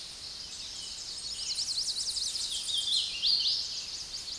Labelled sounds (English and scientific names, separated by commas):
Hooded Warbler (Setophaga citrina) song